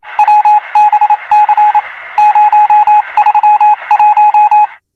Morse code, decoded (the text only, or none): WBC 031